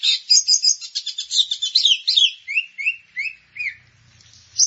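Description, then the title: Grey-cheeked bulbul song opening with dense rapid high twittering, then spaced downslurred whistles, with a faint low hum at the end. "Kicau Burung Cucak Jenggot"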